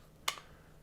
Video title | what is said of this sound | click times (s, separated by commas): 3D part design vlog - magnetic light diffracting faceplate | legs of the faceplate and push everything together snap snap snap snap snap and | 0.3 s